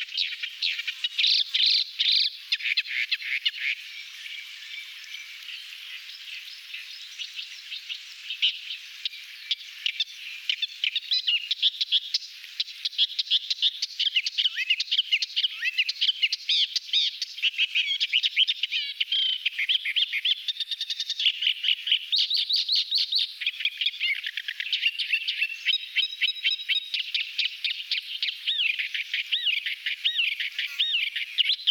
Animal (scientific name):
Iduna aedon